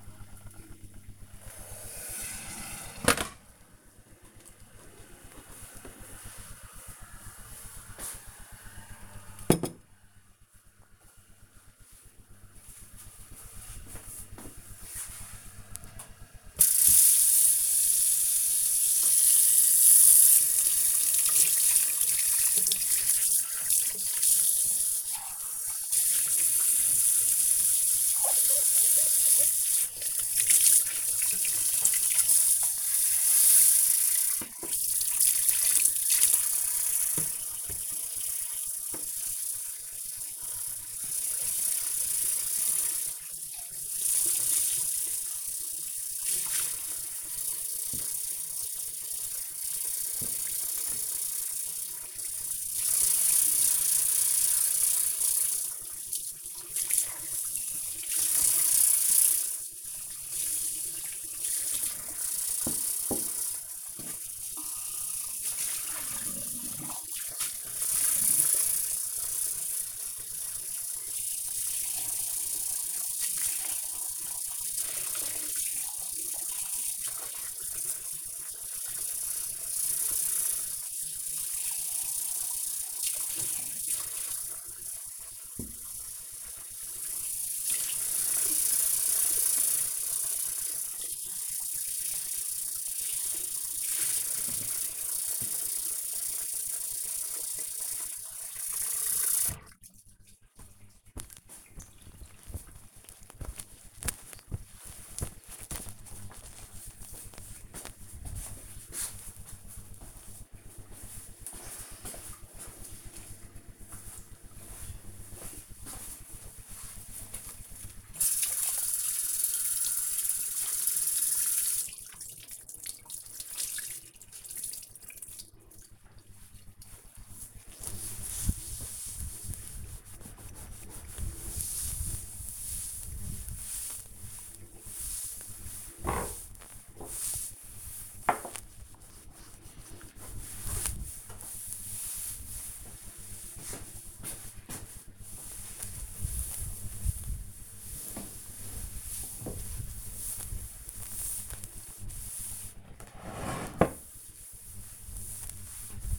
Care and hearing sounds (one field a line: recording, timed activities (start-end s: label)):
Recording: household activities, microphone on the right wrist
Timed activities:
0.00-3.48 s: making tea
15.55-99.17 s: washing dishes
116.27-156.18 s: cleaning table